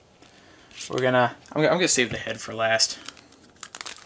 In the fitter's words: no it didn't click what all